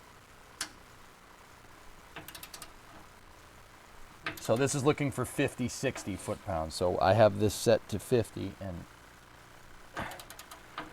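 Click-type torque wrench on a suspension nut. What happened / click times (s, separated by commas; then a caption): The torque wrench clicked at its setting / 0.6 s. A click-type torque wrench set to 50 ft-lb tightens a suspension nut and gives a sharp click at 0.6 s. Faint ratcheting ticks follow around 2.3–2.6 s, and someone talks from about 4.3 to 8.8 s. More ticks come near 10.2–10.8 s.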